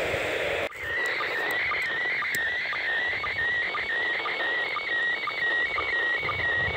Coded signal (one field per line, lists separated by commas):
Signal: SSTV (slow-scan television)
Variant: PD 120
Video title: #REWA ISS slow scan TV image decoding